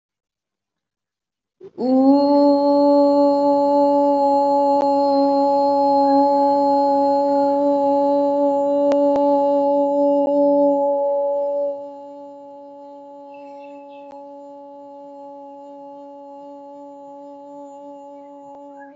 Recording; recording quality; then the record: sustained vowel as in boot; excellent, no background noise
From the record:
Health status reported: respiratory illness, not identified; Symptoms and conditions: asthma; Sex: female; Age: 22 years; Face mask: not worn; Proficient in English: yes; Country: India